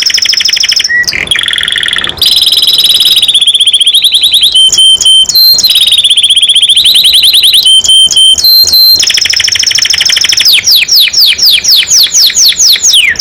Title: Suara Kenari Gacor Suara Kicau Burung Kenari Gacor Juara 1